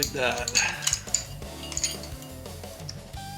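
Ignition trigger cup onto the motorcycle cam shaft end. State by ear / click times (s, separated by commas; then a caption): seated / 1.2 s. A metal ignition trigger cup is pushed onto the cam shaft end of a 1982 Harley Shovelhead motorcycle so its small indentation drops into the groove, over background music while someone talks. Several light metallic clinks sound, and the sharpest click at 1.2 s is the cup snapping into place, seated.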